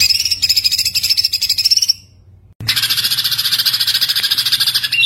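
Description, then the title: High-pitched white-eye trilling, a dense rapid run, a brief pause, then another sustained fast chattering burst. Masteran (tutor recording) of a gacor, continuously singing white-eye, with full tembakan bursts. "Masteran Burung Pleci Gacor Full Tembakan"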